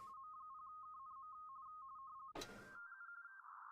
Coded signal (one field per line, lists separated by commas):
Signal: RTTY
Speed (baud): 45.45 baud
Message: M0KNM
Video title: M0KNM - CQ WW RTTY Contest 2025 PT2 28/09/25